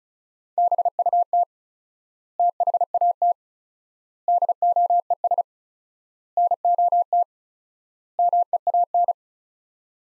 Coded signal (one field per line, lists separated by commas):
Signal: Morse code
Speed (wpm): 34 wpm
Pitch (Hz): 700 Hz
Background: none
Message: BUT THAT DOES NOT MEAN